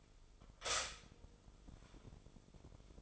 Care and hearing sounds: daily activity, microphone in the room; stop toaster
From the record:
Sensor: 5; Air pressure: 988.7 hPa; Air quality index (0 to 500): 233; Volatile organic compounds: 183 ppm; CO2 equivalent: 4156 ppm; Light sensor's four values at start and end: 40/124/48/51 and 39/123/48/51

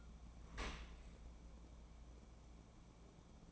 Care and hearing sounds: daily activity, microphone in the room; open dishwasher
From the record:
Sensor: 1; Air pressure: 1012.4 hPa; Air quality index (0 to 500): 172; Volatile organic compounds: 3 ppm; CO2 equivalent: 1402 ppm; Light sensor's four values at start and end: 329/752/332/363 and 329/753/332/363

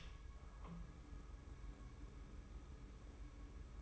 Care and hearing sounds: daily activity, microphone in the room; open door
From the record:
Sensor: 1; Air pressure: 1015.2 hPa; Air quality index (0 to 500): 136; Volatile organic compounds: 6 ppm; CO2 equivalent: 1871 ppm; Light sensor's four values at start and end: 14/33/14/15 and 14/33/14/15

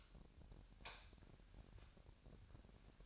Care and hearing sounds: daily activity, microphone in the room; light off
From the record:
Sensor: 2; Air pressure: 1011.8 hPa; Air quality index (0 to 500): 215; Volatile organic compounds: 3 ppm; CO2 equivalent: 1512 ppm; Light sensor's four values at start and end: 16/44/18/18 and 12/27/12/12

